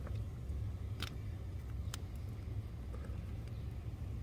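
Under the dash of a second-generation 2013 Toyota Tacoma, during a blower motor resistor replacement, a plastic wiring connector is lined up and pushed back toward its place in the blower motor resistor area. Over a steady low rumble, a few short sharp handling taps sound, the loudest around 1.0 s and 1.9 s, with fainter ones near 0.1 s and 2.9 s. The connector has not seated or clicked in yet.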